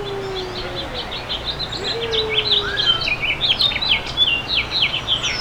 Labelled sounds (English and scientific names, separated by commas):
House Finch (Haemorhous mexicanus) song